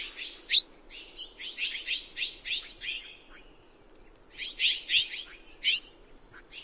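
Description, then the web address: Mexican jay giving many harsh, ringing notes in quick bursts, a pause of about a second, then another cluster of calls. Common western bird of North America. "Songs of Birds of North America Know Your Bird Sounds Common Western Species. Mexican Jay"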